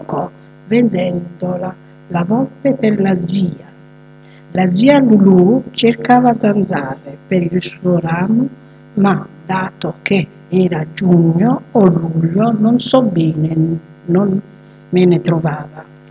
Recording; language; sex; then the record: read passage; Italian; female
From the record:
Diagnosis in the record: healthy control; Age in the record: 62 years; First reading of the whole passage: 101 s, 4.7 characters per second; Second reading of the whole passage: 77 s, 5.9 characters per second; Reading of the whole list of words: 66 s, 3.9 characters per second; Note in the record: marked for poor recording quality or reading difficulty